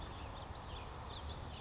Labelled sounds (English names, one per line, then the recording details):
Western Flycatcher
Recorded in Sonoma County, California